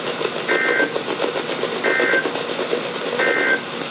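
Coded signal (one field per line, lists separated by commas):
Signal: Emergency Alert System (SAME) tones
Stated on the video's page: NOAA Weather Radio severe thunderstorm alerts on 162.475 and 162.450 MHz, received on Sangean CL100, Midland WR120EZ and Reecom R1650 radios.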